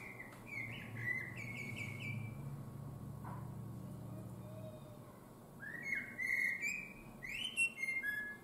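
Common blackbird song in two phrases of mellow whistled warbling mixed with higher, thinner notes, over a low background hum.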